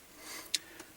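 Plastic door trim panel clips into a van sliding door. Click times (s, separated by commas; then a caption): 0.5 s. A plastic trim panel on the driver's side sliding door of a 2005 T&C van, refitted during an electric door lock actuator replacement, is hung over its top edge first and then its bottom is snapped in. One sharp clip snap is heard at 0.6 s, followed by a fainter tick near 0.8 s. The panel clips are popped into place and the trim is seated.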